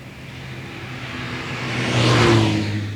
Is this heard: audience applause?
no